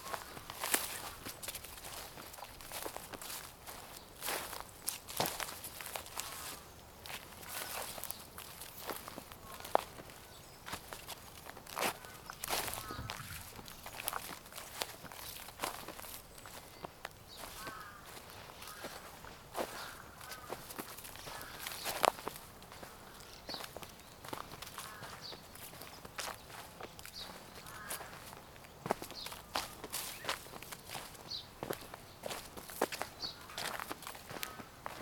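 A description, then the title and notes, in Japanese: Footsteps crunch and squelch along a riverbank, moving from muddy ground onto loose stones, with frequent sharp crackling steps throughout and faint background hiss. 河原踏みしめる足音。雨上がりの少しぬかるんだ道から、石がごろつく河原へ。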